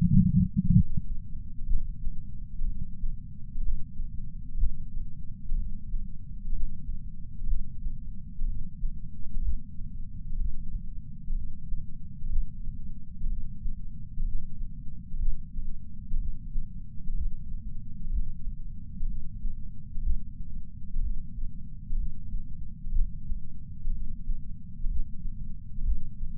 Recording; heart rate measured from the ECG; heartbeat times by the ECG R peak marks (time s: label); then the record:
heart sounds by patch sensor on the chest; 62 bpm
0.71 s: heartbeat
1.66 s: heartbeat
2.65 s: heartbeat
3.61 s: heartbeat
4.56 s: heartbeat
5.55 s: heartbeat
6.51 s: heartbeat
7.46 s: heartbeat
8.45 s: heartbeat
9.41 s: heartbeat
10.36 s: heartbeat
11.33 s: heartbeat
12.28 s: heartbeat
13.27 s: heartbeat
14.23 s: heartbeat
15.18 s: heartbeat
16.17 s: heartbeat
17.13 s: heartbeat
18.09 s: heartbeat
19.06 s: heartbeat
20.02 s: heartbeat
21.00 s: heartbeat
21.96 s: heartbeat
22.91 s: heartbeat
23.90 s: heartbeat
24.87 s: heartbeat
25.83 s: heartbeat
From the record:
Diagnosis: coronary artery disease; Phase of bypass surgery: postoperative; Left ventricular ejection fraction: 68.2%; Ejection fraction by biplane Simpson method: 62.7%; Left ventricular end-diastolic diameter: 48 mm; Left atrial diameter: 40 mm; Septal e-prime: 8.6 cm/s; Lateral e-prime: 10.2 cm/s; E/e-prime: 10.9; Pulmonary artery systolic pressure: 38 mmHg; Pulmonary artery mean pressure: 18 mmHg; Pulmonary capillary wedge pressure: 11 mmHg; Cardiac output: 6.45 L/min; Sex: male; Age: 57 years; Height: 175 cm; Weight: 80 kg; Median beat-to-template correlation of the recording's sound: 0.76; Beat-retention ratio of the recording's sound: 0.99